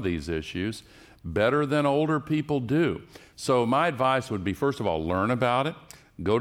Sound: none

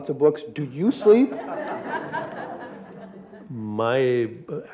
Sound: laughter

